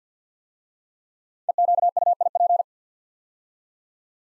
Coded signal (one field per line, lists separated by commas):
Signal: Morse code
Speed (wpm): 48 wpm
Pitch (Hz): 700 Hz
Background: none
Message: EQUIP